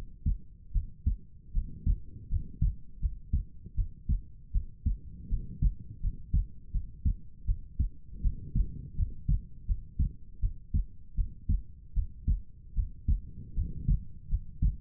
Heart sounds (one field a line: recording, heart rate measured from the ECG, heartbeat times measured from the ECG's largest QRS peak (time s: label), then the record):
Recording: heart sounds by stethoscope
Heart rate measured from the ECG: 80 bpm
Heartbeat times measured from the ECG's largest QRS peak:
0.72 s: heartbeat
1.52 s: heartbeat
2.28 s: heartbeat
2.99 s: heartbeat
3.75 s: heartbeat
4.51 s: heartbeat
5.28 s: heartbeat
6.00 s: heartbeat
6.71 s: heartbeat
7.45 s: heartbeat
8.21 s: heartbeat
8.95 s: heartbeat
9.65 s: heartbeat
10.40 s: heartbeat
11.15 s: heartbeat
11.93 s: heartbeat
12.74 s: heartbeat
13.54 s: heartbeat
14.28 s: heartbeat
From the record:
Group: healthy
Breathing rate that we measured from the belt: 18 breaths a minute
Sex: female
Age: 19 years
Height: 163 cm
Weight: 48.9 kg